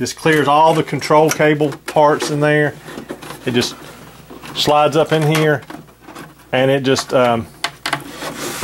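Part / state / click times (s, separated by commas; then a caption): cockpit insert into model airplane fuselage / seated / 7.9 s. A molded cockpit/dash insert is slid up from the bottom into an ESM Sea Fury model airplane fuselage, clearing the control cables, while someone talks. A sharp hit at 7.9 s marks the insert locking into place.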